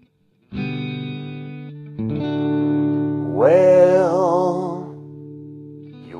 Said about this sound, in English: Okay, sounds okay. Now I'll try guitar like this.